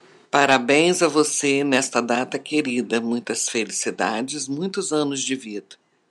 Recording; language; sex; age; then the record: short text; Brazilian Portuguese; female; 60 to 69 years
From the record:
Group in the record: control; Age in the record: 61 years